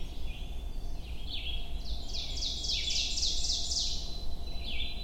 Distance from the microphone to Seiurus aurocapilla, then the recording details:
about 30 m. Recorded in boreal forest in Alberta, Canada, on 22 June 2016 at 05:42. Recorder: SongMeter 3, array SBT-6-76. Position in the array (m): 150 m, 110 m. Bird 3